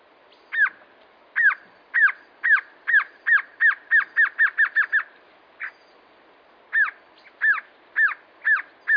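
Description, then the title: Glossy antshrike giving a series of down-slurred notes that speed up over five seconds, a short gap, then a second, slower run of similar notes. Nominate subspecies Sakesphorus luctuosus luctuosus. "LuckyPassaro Completos2Sama. Glossy Antshrike"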